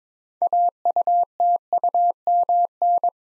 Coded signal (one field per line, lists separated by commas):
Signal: Morse code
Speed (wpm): 22 wpm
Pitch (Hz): 700 Hz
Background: none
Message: AUTUMN